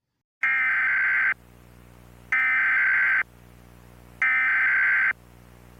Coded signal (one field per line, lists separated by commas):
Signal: Emergency Alert System (SAME) tones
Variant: header bursts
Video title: EAS MOCK: Sloane's Winter LAE